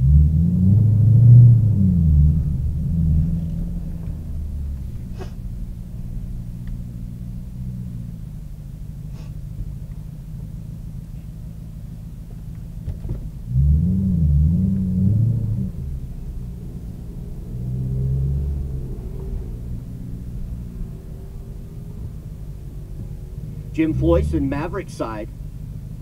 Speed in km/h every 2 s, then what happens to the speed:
18, 18, 10, 2, 0, 0, 0, 8, 8, 6, 0, 0, 0.
2-6 brakes to 2. 6-12 standing. 12-15 pulls away to 8. 15-20 steady at about 6. 20-26 standing.